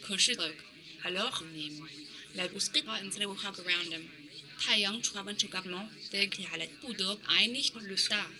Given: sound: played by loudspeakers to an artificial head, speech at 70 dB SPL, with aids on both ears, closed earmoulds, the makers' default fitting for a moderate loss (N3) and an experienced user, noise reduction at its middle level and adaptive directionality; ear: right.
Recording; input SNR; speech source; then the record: speech test signal (ISTS) in cocktail-party noise; +9 dB; on the right (90 degrees)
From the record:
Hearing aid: class 2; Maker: J